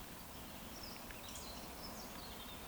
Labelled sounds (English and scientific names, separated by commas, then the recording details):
Eurasian Woodcock (Scolopax rusticola) whistle
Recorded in Baden-Württemberg, Germany, on 14 June 2020 at 19:53 UTC
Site 14569, 102 m above sea level